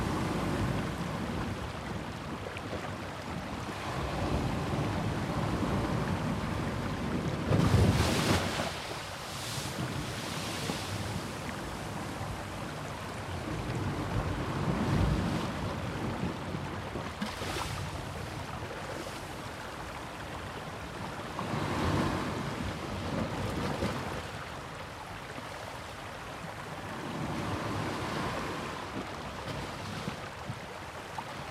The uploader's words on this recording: The coastal breeze dances with the gentle waves of Gjipe's sea, creating a tranquil symphony reminiscent of a serene desert beach. Recorded in Gjipe, Albania. Coastal breeze, Gjipe.